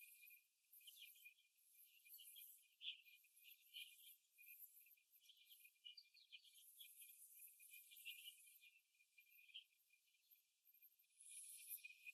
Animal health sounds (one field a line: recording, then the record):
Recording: young laying hens in a cage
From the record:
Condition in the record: after the stressor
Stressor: simulated dog barking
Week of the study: 2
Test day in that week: 2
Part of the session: 1